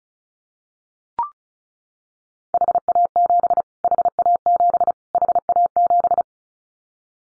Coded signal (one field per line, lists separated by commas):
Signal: Morse code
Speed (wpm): 34 wpm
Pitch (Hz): 700 Hz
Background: none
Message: HA7 HA7 HA7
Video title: Callsign Prefixes for Top 25 DXCC Repeated 35wpm